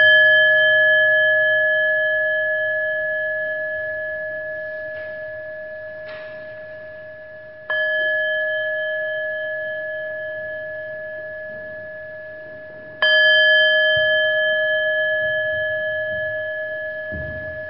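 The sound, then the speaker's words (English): A meditation bell is struck three times at the close of a loving-kindness meditation, at slow, uneven intervals. Each strike rings out as a steady, clear tone with bright overtones that fades slowly before the next. No voices are heard. “With this loving kindness, with the sound of the bell, you may open your eyes.”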